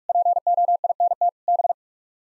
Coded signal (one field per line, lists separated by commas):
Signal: Morse code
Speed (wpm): 41 wpm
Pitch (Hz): 700 Hz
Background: none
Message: POINT B